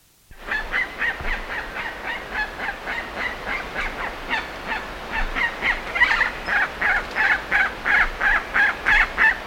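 Bird calls begin abruptly: harsh, nasal notes repeated about three per second, steady and growing slightly louder toward the end.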